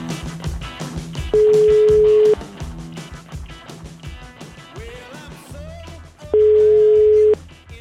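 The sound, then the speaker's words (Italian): A telephone ringback tone sounds twice as a phone call is placed, each a steady, mid-pitched beep lasting about a second, spaced several seconds apart and loud over a busy background of music and murmuring. “Parte la telefonata, fermi.”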